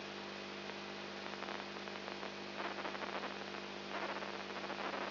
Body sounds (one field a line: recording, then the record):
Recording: brain microelectrode recording played as sound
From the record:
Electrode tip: outside the subthalamic nucleus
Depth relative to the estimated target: -6 mm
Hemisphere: right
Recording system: AlphaMap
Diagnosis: Parkinson's disease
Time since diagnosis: 7 years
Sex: female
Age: 55 years